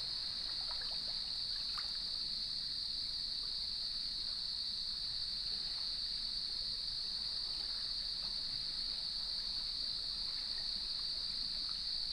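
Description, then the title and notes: Crickets sustain a high, ringing, continuous trill, while light dripping or trickling ticks and a low watery wash sound in the background. Evening chorus at sunset on the beach of Lighthouse West Natural Area, Leelanau Peninsula, beside gnarled cedar trees, waves in the background. "Sounds of Leelanau Peninsula: Lighthouse West Natural Area. Nature is my Jam. As I approached the beach, the sun was just setting, and the crickets made themselves known"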